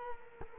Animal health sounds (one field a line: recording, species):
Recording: mosquito wingbeat signal from an infrared sensor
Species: Culex quinquefasciatus